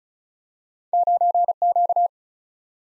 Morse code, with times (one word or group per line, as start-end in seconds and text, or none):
0.9-1.5 9
1.6-2.1 Q